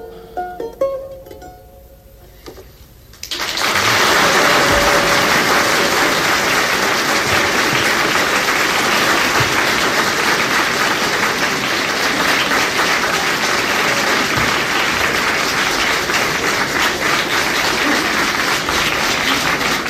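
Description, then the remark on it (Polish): A brief quiet opening gives way to thunderous audience applause for Stanisław Grzesiuk on the Polish radio show Podwieczorek przy mikrofonie, early 1960s: a dense, steady roar of many clapping hands that stays loud and even for over fifteen seconds without fading. “Stanisław Grzesiuk, gromkie brawa w podwieczorku przy mikrofonie, początek lat 60.”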